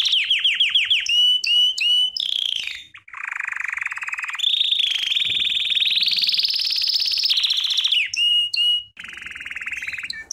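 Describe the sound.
American Singer canary song: repeated downslurred whistles, then a low buzzing roll, a long rising trill, and returning whistled notes.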